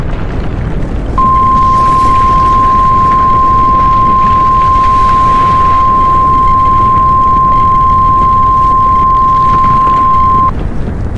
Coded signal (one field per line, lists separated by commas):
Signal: Emergency Alert System (SAME) tones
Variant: 1050 Hz attention tone